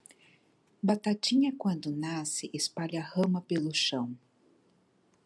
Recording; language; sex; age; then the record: short text; Brazilian Portuguese; female; 50 to 59 years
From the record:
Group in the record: control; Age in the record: 50 years